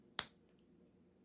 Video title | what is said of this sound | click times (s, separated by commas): The Victorinox Cadet Swiss Army Knife. – Refined Simplicity. | Locks into place with authority | 0.2 s